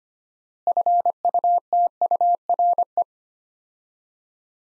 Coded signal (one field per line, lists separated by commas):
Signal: Morse code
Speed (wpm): 25 wpm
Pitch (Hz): 700 Hz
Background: none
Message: FUTURE